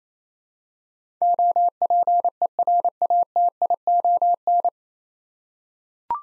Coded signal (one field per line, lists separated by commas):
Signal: Morse code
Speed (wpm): 27 wpm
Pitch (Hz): 700 Hz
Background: none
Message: OPERATION